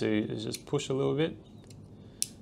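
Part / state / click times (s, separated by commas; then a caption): cartridge fuse out of multimeter fuse clip / released / 2.2 s. Someone talks while pushing an old cartridge fuse slightly in a multimeter's fuse clip. A couple of faint clicks follow, and then at 2.2 s the fuse lifts and springs out of the clip with a sharp click, releasing it from the holder.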